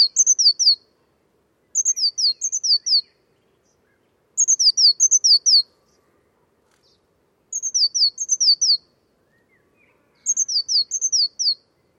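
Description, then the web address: Bird giving high, sharp, descending notes in quick groups of several, separated by short silences, against a quiet background. Bird-only recording. "cianscape birddata Deverinetal 2025 File origin Bird Only Cy Ca"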